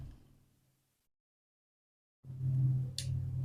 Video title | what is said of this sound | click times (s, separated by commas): How to use DSLR Camera in Urdu -- DSLR camera Kaise Use Kare -- DSLR Course Part 1 | जब इस तरह टक की आवाज़ आप सुनेंगे उसके बाद ये इसमें लग जाएगा, ठीक है। अब ये लेंस भी लग गया है। | 3.0 s